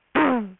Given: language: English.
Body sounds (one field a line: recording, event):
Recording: throat vibration sensor signal played as sound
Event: throat clearing